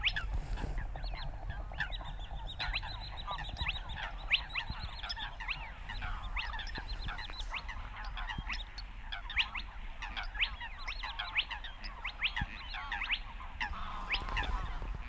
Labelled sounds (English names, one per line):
Spotted Crake